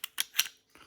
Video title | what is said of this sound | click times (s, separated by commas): Tokyo Marui / we / hk3p px4 Review! #airsoft #gasblowback #pistol #gun #beretta #px4 #tokyomarui | and locks in place | 0.4 s